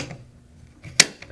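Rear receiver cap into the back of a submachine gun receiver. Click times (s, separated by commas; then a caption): 1.0 s. A steel rear cap is fitted onto the back of a Czech Sa vz. 26 submachine gun receiver over the captive recoil spring and rotated about 30 degrees until it locks. After a faint tick and some quiet handling, a single loud, sharp snap at 1.0 s marks the cap seating in place, followed by a softer tick.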